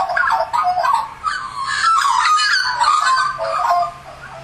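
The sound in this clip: Australian magpie singing a run of flute-like, warbling notes, ending more softly.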